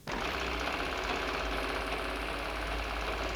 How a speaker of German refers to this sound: Eine Nähmaschine surrt und rasselt.